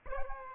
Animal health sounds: mosquito wingbeat signal from an infrared sensor; Aedes albopictus

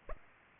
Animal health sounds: mosquito wingbeat signal from an infrared sensor; Aedes aegypti

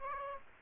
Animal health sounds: mosquito wingbeat signal from an infrared sensor; Aedes aegypti

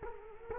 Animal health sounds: mosquito wingbeat signal from an infrared sensor; Culex quinquefasciatus

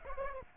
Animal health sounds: mosquito wingbeat signal from an infrared sensor; Aedes aegypti

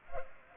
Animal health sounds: mosquito wingbeat signal from an infrared sensor; Culex pipiens

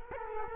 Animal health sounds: mosquito wingbeat signal from an infrared sensor; Culex quinquefasciatus

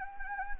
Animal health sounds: mosquito wingbeat signal from an infrared sensor; Anopheles gambiae

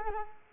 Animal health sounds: mosquito wingbeat signal from an infrared sensor; Culex quinquefasciatus

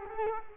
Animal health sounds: mosquito wingbeat signal from an infrared sensor; Culex quinquefasciatus

